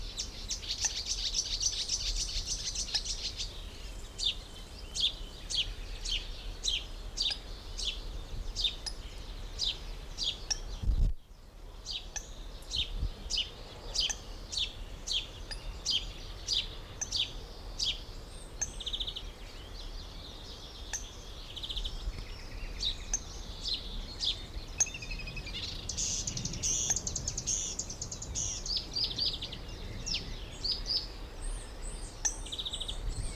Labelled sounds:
Eurasian Coot call

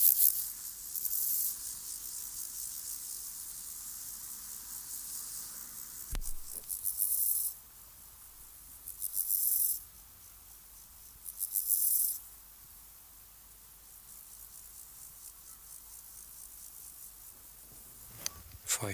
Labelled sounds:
Water-meadow Grasshopper stridulation

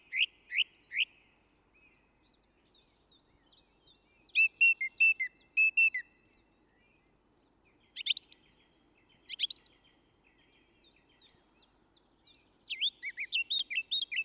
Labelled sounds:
Song Thrush song

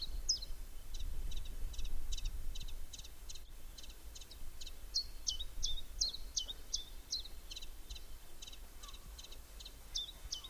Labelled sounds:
Common Chiffchaff

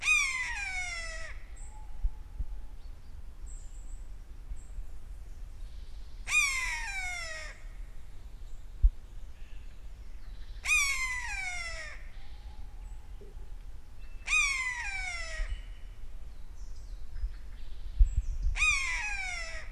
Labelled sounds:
Common Buzzard call

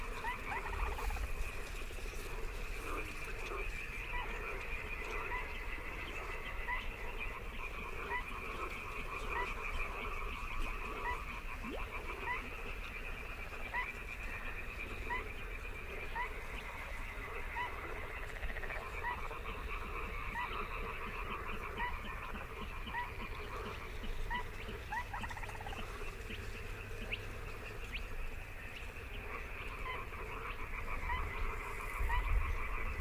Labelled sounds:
Little Crake call

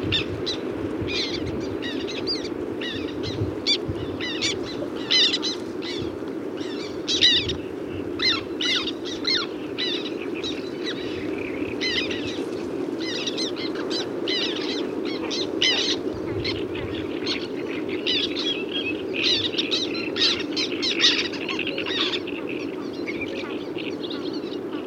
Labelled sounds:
Black Tern call

